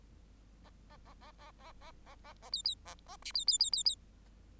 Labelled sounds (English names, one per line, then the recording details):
Bengalese Finch song
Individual Bird8